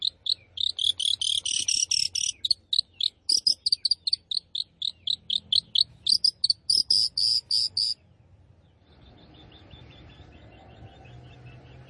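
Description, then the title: Long-tailed shrike song: fast continuous run of high chattering notes for eight seconds, then stopping, leaving a faint thin trill and background hiss. Singing lively (gacor). "Cendet Gacor"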